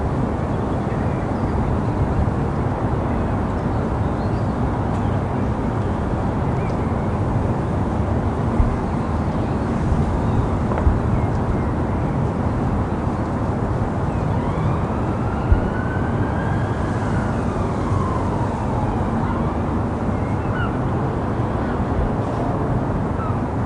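Steady city rumble heard from a London rooftop, a dense low wash of traffic that barely changes in level. Around the middle, a faint tone rises and falls for a few seconds, like a siren, and a couple of soft knocks sound.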